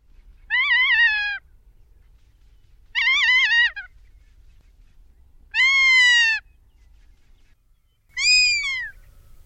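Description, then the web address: Ferruginous hawk calls: four harsh, wavering screams with rich overtones, each slurring down at the end and repeated about every two and a half seconds. "Thumbs Plus Zoo Field Guide Repository"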